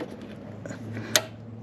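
A fuel line quick-connect coupling is pushed back onto the fuel pump fitting of a Harley-Davidson M8 motorcycle during a Screamin Eagle 64mm intake and high-flow injector install. After faint handling sounds and small taps near 0.7 and 1.0 s, a sharp bright click at 1.2 s marks the connector seating home, with a little fuel seeping out.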